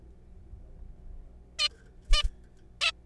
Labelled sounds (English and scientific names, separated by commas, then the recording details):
Zebra Finch (Taeniopygia guttata)
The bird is a juvenile
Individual R3428